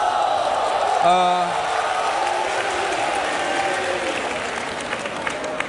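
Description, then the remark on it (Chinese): At the Smartisan phone launch event presented by Luo Yonghao, an audience clamors and heckles, a dense, steady wash of crowd noise and scattered clapping, with one loud drawn-out shout rising above it near the start. “你们听到也有人在起哄对吧？”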